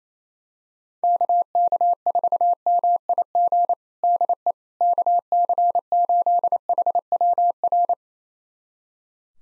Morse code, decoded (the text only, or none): KK4MIG DE KC8HWR